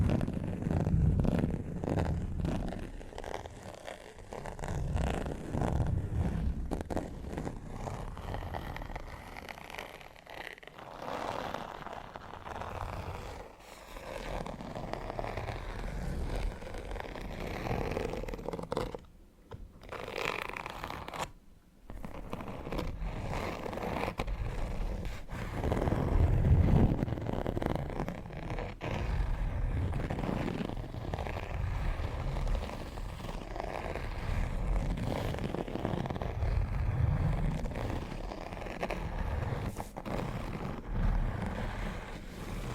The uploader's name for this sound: Needle Fingers & Textured Leather Scratching